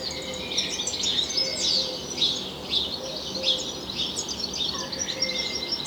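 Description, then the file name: European goldfinch song, a jangling run of high chirps and trills with a few thin drawn-out tones, over a low hum and background noise. "Carduelis carduelis"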